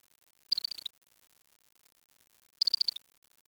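Bird call, two short bursts of quick high chattering notes about two seconds apart, each ending with a slightly lower note, otherwise quiet.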